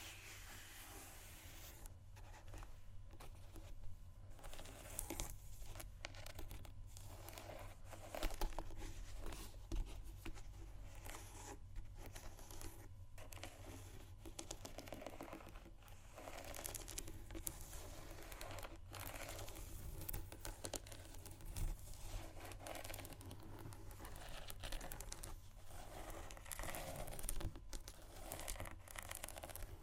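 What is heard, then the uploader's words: Shoes scratch and tap, with a steady rough scraping texture, frequent brief gaps and a constant low hum beneath. ASMR Shoes Scratching & Tapping（No Talking）.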